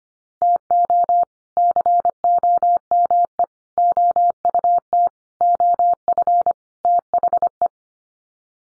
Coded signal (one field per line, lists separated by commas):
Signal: Morse code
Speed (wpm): 25 wpm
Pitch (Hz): 700 Hz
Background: none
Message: TO COME OUT OF THE